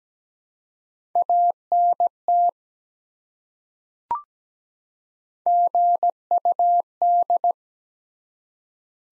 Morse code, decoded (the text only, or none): ANT GUD